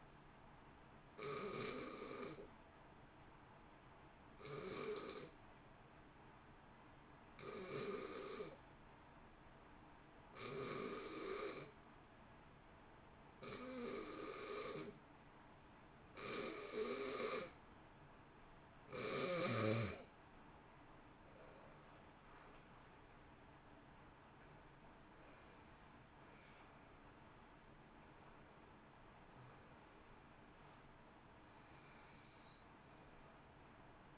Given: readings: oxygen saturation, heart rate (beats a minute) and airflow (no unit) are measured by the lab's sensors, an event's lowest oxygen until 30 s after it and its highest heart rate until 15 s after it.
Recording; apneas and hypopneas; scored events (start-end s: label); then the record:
breathing in sleep by a voice recorder at the bedside; 1
3.00-23.30 s: hypopnea (N1, oxygen 93% highest, then 87% lowest, heart rate 58 at the start, 73 highest)
From the record:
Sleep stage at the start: N1 (lightest sleep); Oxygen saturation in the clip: 86 to 93%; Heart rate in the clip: 56 to 73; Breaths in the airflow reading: 7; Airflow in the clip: -3.9 to 4.7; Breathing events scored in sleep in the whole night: 328 in 6.3 hours asleep